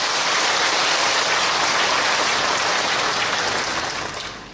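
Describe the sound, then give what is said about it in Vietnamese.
A Buddhist audience at a dharma talk applauds steadily, a dense, even wash of clapping that holds for about four seconds before tapering off at the end, with no voices over it. “Xin cho một tràng pháo tay.”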